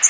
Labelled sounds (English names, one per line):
Yellow Warbler flight call